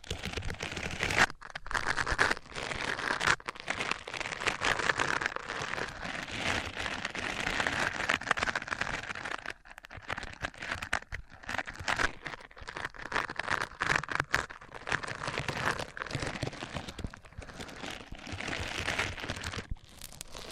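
A microphone is rubbed against different surfaces, making a dense, scratchy rustle that runs almost without a break for the whole stretch. The texture shifts in brightness and grain, with brief dropouts near 1.5, 9.5, 17 and 20 seconds where the rubbing pauses.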